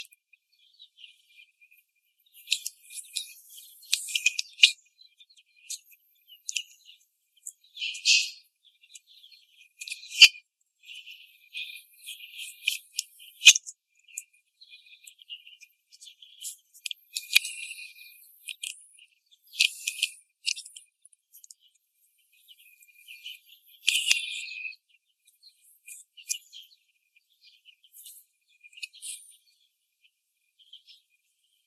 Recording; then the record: young laying hens in a cage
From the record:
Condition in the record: before the stressor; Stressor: simulated dog barking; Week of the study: 2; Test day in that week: 3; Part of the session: 1